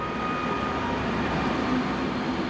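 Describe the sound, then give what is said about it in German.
A train rolls into a station in Munich on a Saturday morning with a steady, dense rumble, a faint high whine running through it and no voices over it. “Der Fachmann für Autos kam am Samstagmorgen mit dem Zug in München an.”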